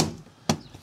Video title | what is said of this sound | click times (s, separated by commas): Tesla Model 3 et Y : Grilles de protection calandre | tac tac vous entendez c'est clipser | 0.5 s